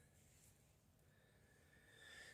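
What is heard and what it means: A spring clip is being fitted onto the master link of the drive chain on a Brixton 125 motorcycle during a chain kit change. Only a quiet, steady low rumble with faint hiss is heard, with a thin high tone growing slightly louder toward the end and no sharp transients. Nothing has seated or clicked yet.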